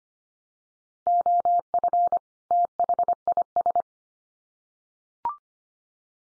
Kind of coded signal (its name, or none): Morse code